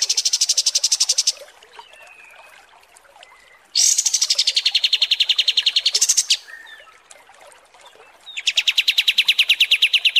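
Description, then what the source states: Kapas tembak song: three long rapid buzzy trills of even pulses, separated by soft twittering and a few thin whistled notes. Masteran training recording for kapas tembak birds, used to tutor song.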